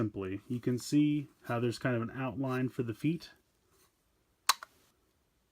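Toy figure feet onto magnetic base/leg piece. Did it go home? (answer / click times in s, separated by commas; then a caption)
yes / 4.5 s. Someone talks for about three seconds. After a short quiet pause, the plastic toy figure's magnetic feet, placed onto the marked foot outline, are pulled by the magnet onto the magnetic base/leg piece with a sharp click at 4.5 s, followed by a faint tick. The feet are seated.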